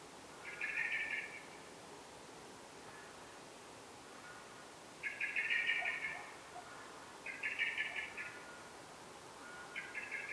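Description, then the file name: Common blackbird repeating short harsh chattering bursts, four in all at uneven intervals, each about a second long, against steady background hiss. "Turdus merula"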